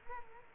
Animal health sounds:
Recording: mosquito wingbeat signal from an infrared sensor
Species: Culex quinquefasciatus

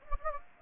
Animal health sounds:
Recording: mosquito wingbeat signal from an infrared sensor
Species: Anopheles gambiae

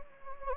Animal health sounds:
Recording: mosquito wingbeat signal from an infrared sensor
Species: Anopheles gambiae

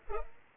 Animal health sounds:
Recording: mosquito wingbeat signal from an infrared sensor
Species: Culex pipiens

